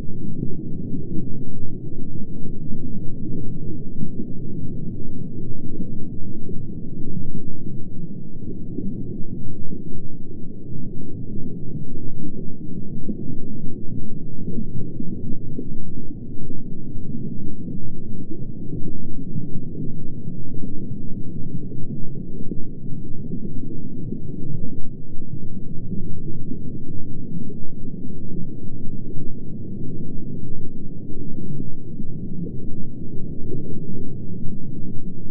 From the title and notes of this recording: The Low Hum Under the Water.